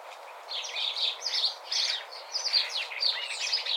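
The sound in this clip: Sparrow chirps, short bright notes in quick irregular bursts, some overlapping, with a faint steady hiss underneath.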